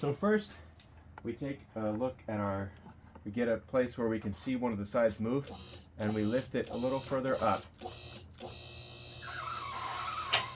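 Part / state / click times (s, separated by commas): safety lock on a portable car lift frame / seated / 10.3 s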